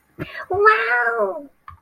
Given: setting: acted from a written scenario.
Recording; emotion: vocal sound without words; adoration